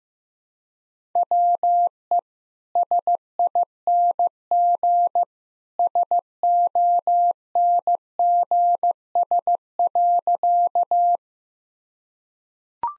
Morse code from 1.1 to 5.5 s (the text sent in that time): WE SING